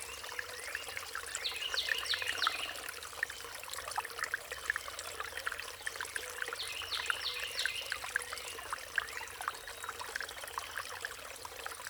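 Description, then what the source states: Songbird song in two bursts of quick, high, sweeping notes, around two seconds and again near seven seconds, above constant trickling water. Riparian zone.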